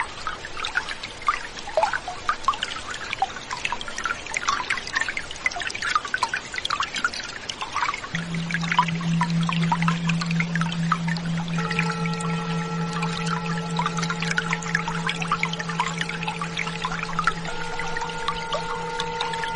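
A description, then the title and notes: A stream splashes and trickles steadily while a singing bowl joins around eight seconds, its low hum and ringing overtones sustaining to the end. The singing bowl in the stream.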